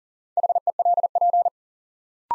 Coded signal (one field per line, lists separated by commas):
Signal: Morse code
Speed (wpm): 40 wpm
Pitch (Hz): 700 Hz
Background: none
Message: HELP